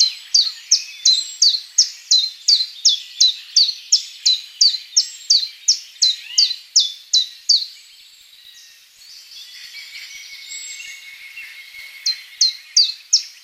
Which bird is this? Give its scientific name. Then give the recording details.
Phylloscopus collybita. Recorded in the wild. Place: Lilienhof / Kaiserstuhl, Baden-Württemberg, DE. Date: 2003-03-29. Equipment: MiniDisc Sharp MT 20 H, Sennheiser MKH 816. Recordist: Schwarz, Dieter